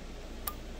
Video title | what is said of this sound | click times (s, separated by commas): Feniex One Controller Functions and Programing | snaps right in place you can hear it snap | 0.5 s